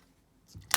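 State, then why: Seated. A base plate is forced over the two locking tabs on the sides of a polymer Glock OEM 22/35 .40 S&W 15-round pistol magazine body so the tabs drop into its cutouts. After near-silence, a soft sliding scrape builds from about 0.5 s with a faint tick, then a sharp, loud snap at 0.7 s. The base plate is seated, with the locking plate sitting flush.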